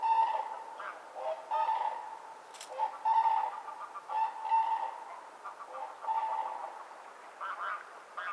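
Crane calls: repeated rolling trumpet notes, several in quick succession with brief pauses, with a soft background hiss.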